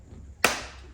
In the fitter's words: Hear that click? You're in.